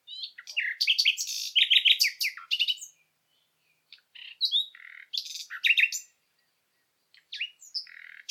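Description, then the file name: Common nightingale song: rich, varied phrases of harsh chatters, rapid notes and sharp sweeps, broken by brief silences. "Luscinia megarhynchos"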